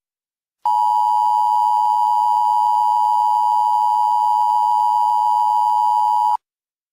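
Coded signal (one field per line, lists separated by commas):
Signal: Emergency Alert System (SAME) tones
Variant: 853 and 960 Hz attention tone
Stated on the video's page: Fictional Emergency Alert System shelter-in-place warning.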